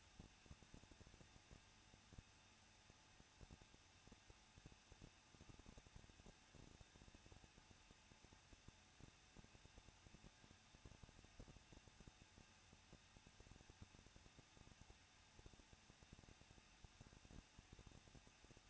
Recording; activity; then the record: daily activity, microphone in the room; no activity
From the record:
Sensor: 2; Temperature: 21.0 degrees Celsius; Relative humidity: 37.5%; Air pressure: 1006.2 hPa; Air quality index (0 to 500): 223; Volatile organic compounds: 25 ppm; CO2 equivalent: 2826 ppm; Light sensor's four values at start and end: 2/3/2/2 and 2/3/2/2